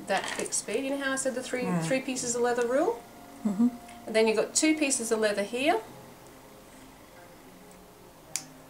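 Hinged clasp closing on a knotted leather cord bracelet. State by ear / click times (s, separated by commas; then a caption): seated / 8.4 s. A hinged bracelet clasp is closed over knotted leather cords, with two pieces of leather through it. Someone talks for most of the clip, then a single sharp snap-like click sounds at 8.4 s as the clasp snaps shut and seats.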